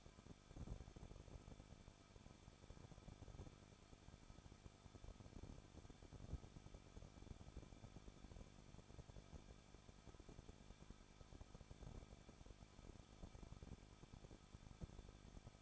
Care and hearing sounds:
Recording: daily activity, microphone in the room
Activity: no activity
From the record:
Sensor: 5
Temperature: 20.8 degrees Celsius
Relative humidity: 38.4%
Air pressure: 1006.4 hPa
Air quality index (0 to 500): 189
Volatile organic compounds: 19 ppm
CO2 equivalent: 2668 ppm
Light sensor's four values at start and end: 2/3/1/1 and 2/3/1/1

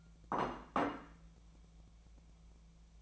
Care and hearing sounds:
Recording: daily activity, microphone in the room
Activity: place plate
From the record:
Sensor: 1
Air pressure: 1000.3 hPa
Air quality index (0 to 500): 146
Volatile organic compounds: 3 ppm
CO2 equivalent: 1369 ppm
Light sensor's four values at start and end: 30/75/32/38 and 30/75/32/38

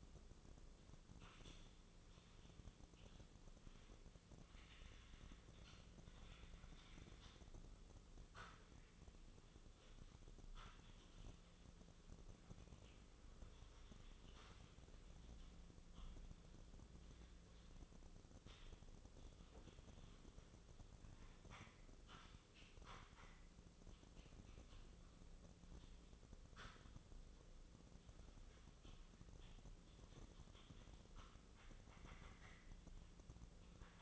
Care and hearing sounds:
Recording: daily activity, microphone in the room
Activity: typing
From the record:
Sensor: 4

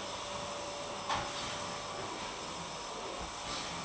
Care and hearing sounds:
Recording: daily activity, microphone in the room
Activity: vacuum cleaning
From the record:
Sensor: 1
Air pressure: 1011.9 hPa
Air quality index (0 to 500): 239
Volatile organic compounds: 6 ppm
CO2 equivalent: 1899 ppm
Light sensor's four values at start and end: 10/23/9/10 and 10/23/9/10

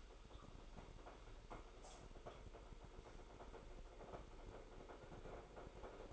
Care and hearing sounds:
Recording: daily activity, microphone in the room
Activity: make coffee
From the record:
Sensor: 5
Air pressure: 995.2 hPa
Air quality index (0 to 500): 99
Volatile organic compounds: 6 ppm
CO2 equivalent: 1882 ppm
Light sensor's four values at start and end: 33/80/33/35 and 34/81/33/36

